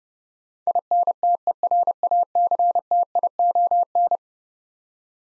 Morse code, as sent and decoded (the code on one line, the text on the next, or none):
.. -. - . .-. .- -.-. - .. --- -.
INTERACTION